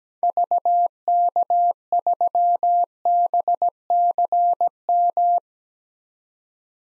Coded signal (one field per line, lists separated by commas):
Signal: Morse code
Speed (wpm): 17 wpm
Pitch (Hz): 700 Hz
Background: none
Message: VK3BCM